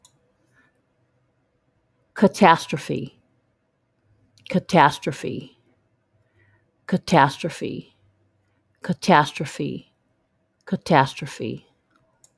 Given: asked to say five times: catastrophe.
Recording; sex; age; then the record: repeated word; female; 50 to 59 years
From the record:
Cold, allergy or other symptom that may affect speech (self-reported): no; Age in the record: 56 years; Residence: Georgia, United States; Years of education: 14